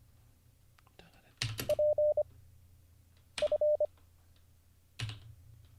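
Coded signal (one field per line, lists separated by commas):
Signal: Morse code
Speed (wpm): 25 wpm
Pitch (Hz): 600 Hz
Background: none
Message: P F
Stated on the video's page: Morse learning practice livestream, drilling J, B, X, Z, 6, 7, 8, P, F, G and all characters mixed.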